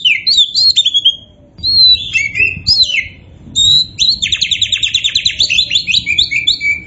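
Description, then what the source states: Oriental magpie-robin with sweet down-slurred whistles followed by a long fast buzzy trill. Kacer poci type of Oriental magpie-robin, singing in gacor style (vigorous, continuous song).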